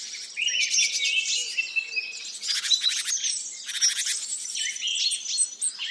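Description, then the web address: Birds singing in a dense overlapping chorus: high chirps, rapid buzzy trills and stuttering bursts, with a few short whistled notes cutting through. Singing in a forest in the Urals. "cantando na floresta dos urais colecao de cantos de passaros"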